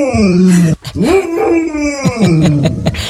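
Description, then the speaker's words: Golden retriever making a few drawn-out, low moo-like howls with short breaks between. Golden retriever that moos at cows instead of barking at other dogs, reportedly since age nine. "It's Lucy, the golden retriever who's gone viral because of its constant mooing at the cows, as opposed to woof-woofing at other dogs."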